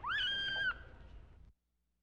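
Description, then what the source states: Domestic cat kitten giving a single high meow that rises sharply then holds a steady pitch for under a second before stopping abruptly, with faint low rumble after. Several meowing kittens.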